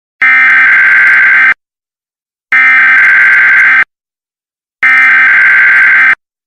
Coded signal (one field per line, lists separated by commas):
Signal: Emergency Alert System (SAME) tones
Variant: header bursts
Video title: C&C EAS Scenario - Part Three: The Last Act